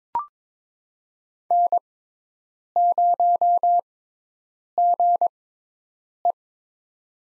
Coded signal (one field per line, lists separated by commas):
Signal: Morse code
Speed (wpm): 22 wpm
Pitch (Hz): 700 Hz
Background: none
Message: N0GE